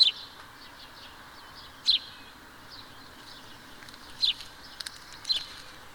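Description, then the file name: House sparrow giving a few sharp, well-spaced chirps, with softer twittering notes between. "Passer domesticus"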